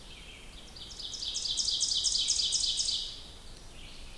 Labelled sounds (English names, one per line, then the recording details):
Ovenbird song
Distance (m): 30 m
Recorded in boreal forest in Alberta, Canada, on 2 June 2016 at 08:20
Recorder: SongMeter 3, array SBT-3-7
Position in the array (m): 24 m, 134 m
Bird 4